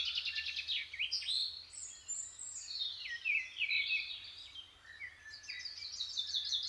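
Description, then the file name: Birds waking, a quick trill, then long descending whistles and varied chirps from several singers over a faint low hum. Birds waking up. "L'éveil des oiseaux (extrait)"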